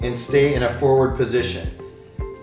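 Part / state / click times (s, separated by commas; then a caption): parking brake lever on a walker rear wheel / not seated / none. The parking brake lever on a rolling walker's rear wheel, an UPWalker, is handled while someone talks over background music. The brake has not clicked or locked into the forward parked position yet.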